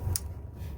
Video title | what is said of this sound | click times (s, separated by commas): 99-03 7.3L F250 F350 Alternator Change Step by Step | hear that click you know that's what you're looking for okay this part's installed | 0.2 s